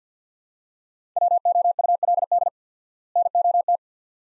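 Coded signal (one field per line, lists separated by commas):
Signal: Morse code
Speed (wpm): 50 wpm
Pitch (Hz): 700 Hz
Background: none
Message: WOULD NOT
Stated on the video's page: Morse practice drill of two-word sets at 50 wpm with 4x word spacing, a Farnsworth-like method applied to words.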